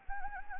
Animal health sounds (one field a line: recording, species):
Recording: mosquito wingbeat signal from an infrared sensor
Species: Anopheles gambiae